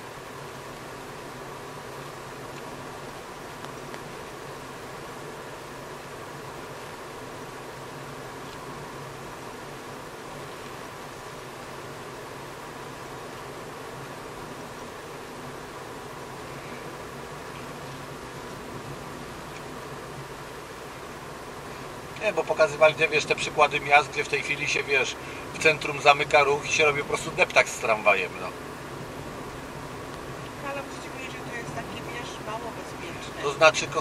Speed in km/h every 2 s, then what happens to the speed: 42, 40, 41, 41, 41, 44, 47, 50, 49, 49, 50, 51, 52, 52, 52, 52, 53.
0-8 steady at about 41. 8-14 speeds up to 50. 14-34 steady at about 51.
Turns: 0-7.